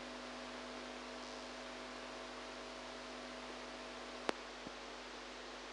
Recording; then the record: brain microelectrode recording played as sound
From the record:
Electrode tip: outside the subthalamic nucleus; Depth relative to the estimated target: -6 mm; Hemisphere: right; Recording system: NeuroSet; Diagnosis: Parkinson's disease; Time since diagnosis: 8 years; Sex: female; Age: 45 years